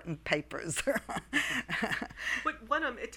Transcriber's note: she laughs